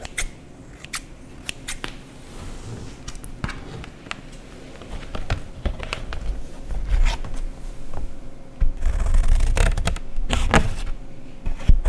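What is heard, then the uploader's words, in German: Scissors snip and paper is torn and crumpled, sharp crisp bursts growing denser and louder toward the end. Scheren- und Schneidesounds. In dieser Folge zerschneide und zerreiße/knülle ich Papier.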